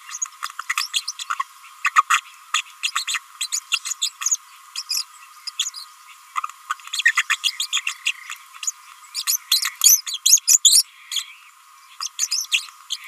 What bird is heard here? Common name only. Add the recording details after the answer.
Green-rumped Parrotlet. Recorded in a nest box in Venezuela. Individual 18B25A5